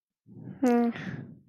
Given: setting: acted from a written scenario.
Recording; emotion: vocal sound without words; neutral